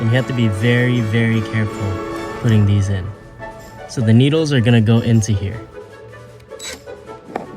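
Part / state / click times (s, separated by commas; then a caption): throttle controller harness connector into vehicle connector / seated / 7.4 s. Someone talks while carefully pushing a second plastic pin connector from a throttle controller harness into the vehicle's connector, keeping its pins from bending. A short, sharp click at 7.4 s marks the connector seating, and it is plugged in.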